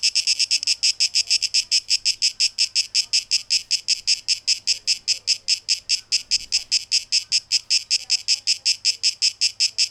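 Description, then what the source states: Cicada song, a piercing high rasp beating in distinct pulses, steady from start to finish. Cicadas, tape echo mix, 12 August 2023.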